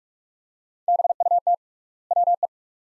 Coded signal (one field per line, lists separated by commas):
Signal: Morse code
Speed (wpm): 47 wpm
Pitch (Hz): 700 Hz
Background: none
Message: BUT WE